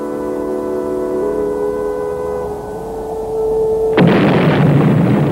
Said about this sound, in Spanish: La Tierra estalló en 1000 bolas de fuego atómico. La primera explosión fue obra de 5 terroristas.